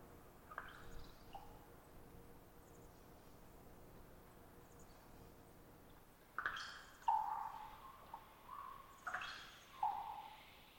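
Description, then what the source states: Common raven giving two twittery-pop calls, each a rough trilling twitter ending in a clear pop, after a few faint notes. Raven perched about 50 ft above the recordist, some distance away; long trilling twitter before the pop call; pop varies with location and population; gulps or beak snaps after pops.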